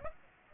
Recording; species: mosquito wingbeat signal from an infrared sensor; Aedes aegypti